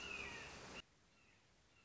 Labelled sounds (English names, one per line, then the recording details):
Red-shouldered Hawk
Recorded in Sonoma County, California